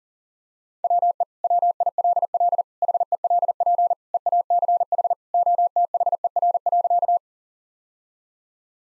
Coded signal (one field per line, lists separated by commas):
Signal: Morse code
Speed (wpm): 40 wpm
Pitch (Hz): 700 Hz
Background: none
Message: WE WILL HELP EACH OTHER.